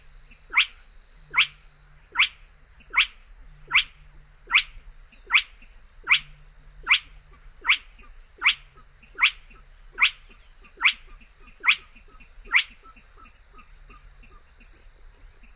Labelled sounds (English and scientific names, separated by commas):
Spotted Crake (Porzana porzana)